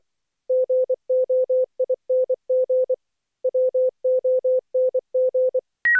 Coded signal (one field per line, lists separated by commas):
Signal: Morse code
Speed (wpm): 24 wpm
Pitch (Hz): 510 Hz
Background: none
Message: GOING WONG